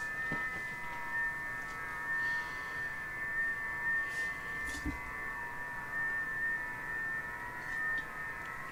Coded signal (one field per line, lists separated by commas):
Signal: FT8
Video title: 40 METER FT-8 ON SUNDAY MORNING